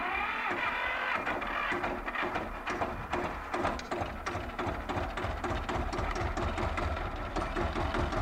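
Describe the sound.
A motorcycle with a sidecar runs with a steady, throaty engine rumble, its rapid pulsing beat holding even and loud throughout with no voices.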